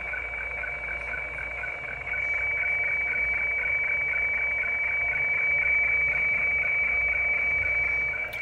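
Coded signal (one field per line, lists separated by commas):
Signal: weather fax (radiofax)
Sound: steady high whistling tone with a rhythmic scratchy ticking under a hiss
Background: radio static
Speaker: if you look when it's very strong you'll see that when i don't talk the actual lines of the hf weather facts is within that box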